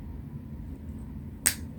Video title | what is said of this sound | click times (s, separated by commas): SUPER SIMPLE DOLLAR TREE CRAFT DIY - MORE DECOUPAGE MADE EASY - MAKES GREAT GIFTS | there we go and then it snaps into place so we just want to scrape | 1.5 s